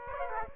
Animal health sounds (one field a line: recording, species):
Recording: mosquito wingbeat signal from an infrared sensor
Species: Aedes aegypti